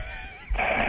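Faint, shallow breathing gives way after about half a second to a sudden loud, rasping breath in a sleeping adult man. This is the deep recovery gasp that follows shallow breathing in sleep apnea.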